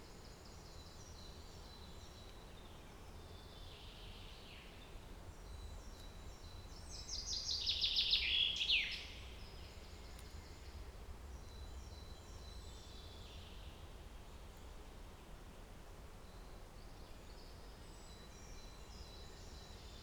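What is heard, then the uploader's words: Birds sing in Trnovo forest over a steady low rumble. Faint repeated chirps and trills run through the clip, and between about seven and nine seconds a brighter, louder burst of song rises, peaking with sharp high notes before fading back. Audio recording of birds singing in the summer of 2022 in Trnovo forest.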